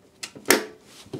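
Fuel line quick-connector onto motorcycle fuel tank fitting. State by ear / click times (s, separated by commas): seated / 0.2 s, 0.5 s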